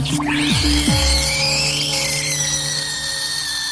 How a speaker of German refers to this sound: Ich schlich ins Haus und stellte die Espressomaschine an.